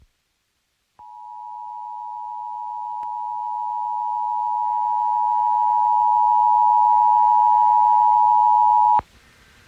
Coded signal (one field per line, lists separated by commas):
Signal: Emergency Alert System (SAME) tones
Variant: 853 and 960 Hz attention tone